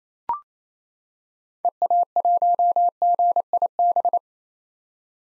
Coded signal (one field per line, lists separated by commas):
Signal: Morse code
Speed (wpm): 28 wpm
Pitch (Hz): 700 Hz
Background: none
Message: EA1GIB